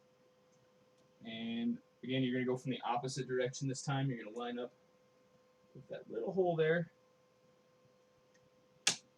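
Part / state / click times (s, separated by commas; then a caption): plastic hotend cover onto 3D printer hotend assembly / seated / 8.9 s. Someone talks while lining up the plastic hotend cover of an Ender 3 V2 3D printer with a small hole on the hotend assembly, after replacing the nozzle. They push the cover back on. A single sharp tick at 8.9 s marks the cover popping into place, seated.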